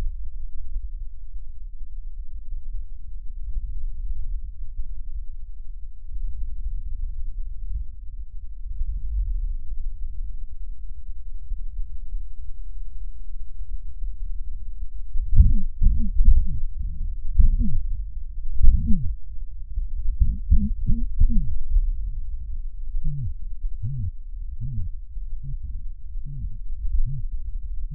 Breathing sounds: lung sounds by stethoscope; left posterior basal chest; quiet breathing, then cough and speech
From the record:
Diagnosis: COPD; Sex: male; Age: 70 years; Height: 170 cm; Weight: 74 kg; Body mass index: 25.6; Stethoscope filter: bell mode

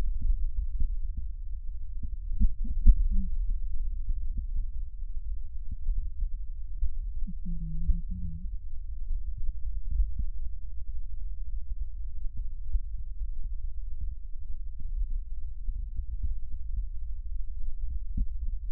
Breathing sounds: lung sounds by stethoscope; left posterior basal chest; quiet breathing, then cough and speech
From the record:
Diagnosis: asthma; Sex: female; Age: 72 years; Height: 160 cm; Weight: 63.4 kg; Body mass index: 24.8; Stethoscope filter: bell mode

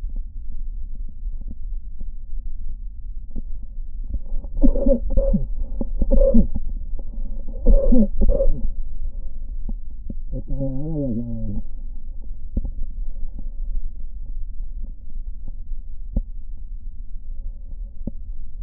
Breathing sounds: lung sounds by stethoscope; left posterior basal chest; quiet breathing, then cough and speech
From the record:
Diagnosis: COPD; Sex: male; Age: 78 years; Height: 162 cm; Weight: 66.4 kg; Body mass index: 25.3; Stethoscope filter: diaphragm mode

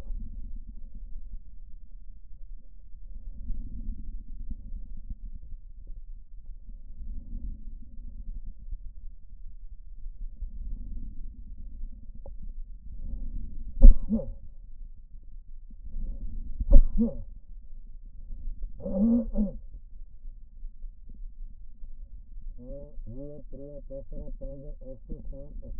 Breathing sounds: lung sounds by stethoscope; left posterior basal chest; quiet breathing, then cough and speech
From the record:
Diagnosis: pulmonary infection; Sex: male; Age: 54 years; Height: 187 cm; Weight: 95 kg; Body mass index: 27.2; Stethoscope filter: diaphragm mode

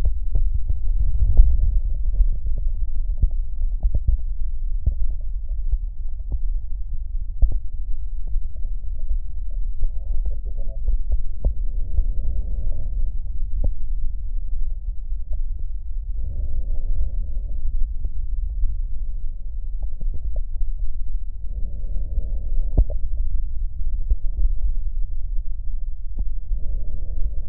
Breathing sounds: lung sounds by stethoscope; right posterior basal chest; quiet breathing, then deep breathing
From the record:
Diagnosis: none (healthy); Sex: male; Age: 35 years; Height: 186 cm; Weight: 108 kg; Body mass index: 31.2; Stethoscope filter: extended mode

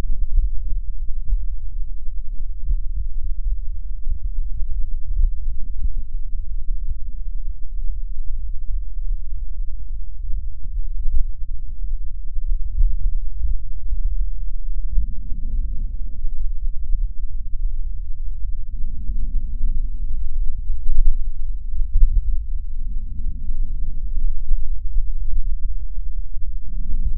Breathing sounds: lung sounds by stethoscope; left posterior basal chest; quiet breathing, then deep breathing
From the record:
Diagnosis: none (healthy); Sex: male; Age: 30 years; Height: 190 cm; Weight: 88 kg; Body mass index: 24.4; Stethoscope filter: bell mode

